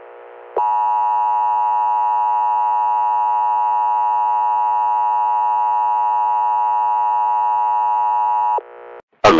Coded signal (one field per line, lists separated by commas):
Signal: Emergency Alert System (SAME) tones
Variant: 853 and 960 Hz attention tone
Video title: (Fake) ww3 eas alarm part 3